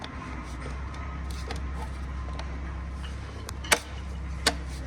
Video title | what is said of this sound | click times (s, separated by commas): Leap V2 Arm Inside Trim Piece Install | And just kind of push it in until it clicks into place. So it's really that simple, just like that. | 3.7 s, 4.5 s